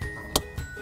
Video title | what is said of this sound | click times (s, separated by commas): 2018 Subaru Crosstrek Wiring Harness Installation | aftermarket plug and just simply put it right in and it snaps right into place just like that | 0.4 s